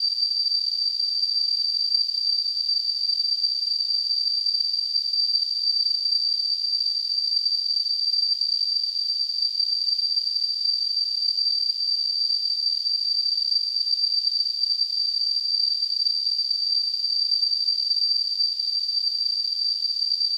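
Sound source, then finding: Synthesized tone sample. Tinnitus simulation.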